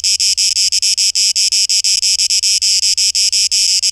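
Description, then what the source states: Cicada song: shrill rasping buzz chopped into uneven pulses, some running together in longer bursts, others short and quick. 12 August 2023; tape echo mix.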